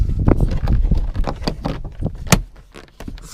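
A plastic interior door trim panel on a Suburban, Silverado, Yukon, Tahoe or Sierra is pushed onto the inner door shell after a fix for a door that would not open from the inside. Its plastic retaining clips snap into their holes with sharp clicks at 0.3, 1.3, 1.5, 1.7 and 2.3 s, the last being the loudest. The panel is seated.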